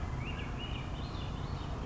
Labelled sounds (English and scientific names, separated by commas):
Swainson's Thrush (Catharus ustulatus)